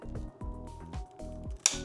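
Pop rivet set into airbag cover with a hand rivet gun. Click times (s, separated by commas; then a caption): 1.7 s. Background music plays as a hand rivet gun is squeezed on a pop rivet that fastens an airbag cover piece. The mandrel breaks off with a single sharp snap at 1.7 s, setting the rivet.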